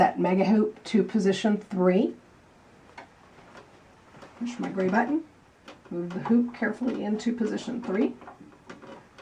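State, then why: Seated. Someone talks while a mega embroidery hoop is moved carefully by hand into position three on the holder of a sewing machine's embroidery arm. Short clicks at 8.7 s and 9.2 s mark the hoop latching, and it is seated in place.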